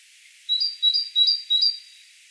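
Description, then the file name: Great tit singing a bright see-saw phrase, lower note then higher note, four times in a row over roughly one and a half seconds. "Parus major"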